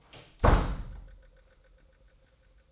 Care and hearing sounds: daily activity, microphone in the room; close door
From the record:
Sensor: 3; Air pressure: 990.4 hPa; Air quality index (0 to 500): 175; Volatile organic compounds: 1000 ppm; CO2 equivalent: 5674 ppm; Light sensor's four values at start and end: 49/114/47/44 and 49/114/47/44

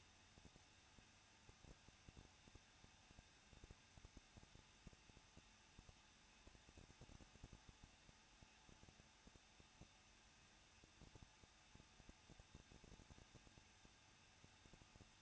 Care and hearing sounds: daily activity, microphone in the room; no activity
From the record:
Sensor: 2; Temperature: 21.0 degrees Celsius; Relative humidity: 37.5%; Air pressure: 1006.2 hPa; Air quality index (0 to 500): 224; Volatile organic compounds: 25 ppm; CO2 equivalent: 2840 ppm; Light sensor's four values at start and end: 2/3/2/2 and 2/3/2/2

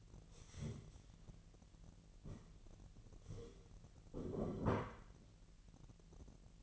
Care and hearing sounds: daily activity, microphone in the room; stand up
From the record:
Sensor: 4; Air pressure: 1002.8 hPa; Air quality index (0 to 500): 249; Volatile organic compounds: 31 ppm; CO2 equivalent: 2978 ppm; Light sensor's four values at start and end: 10/22/9/9 and 10/22/9/9

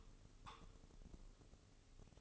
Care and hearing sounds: daily activity, microphone in the room; take from stove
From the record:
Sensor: 4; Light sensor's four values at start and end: 18/50/19/20 and 18/50/19/20

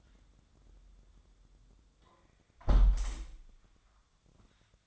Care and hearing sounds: daily activity, microphone in the room; close window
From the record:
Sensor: 3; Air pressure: 1004.6 hPa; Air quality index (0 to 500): 76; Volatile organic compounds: 2 ppm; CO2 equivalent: 1133 ppm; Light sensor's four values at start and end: 7/17/7/6 and 7/16/6/6

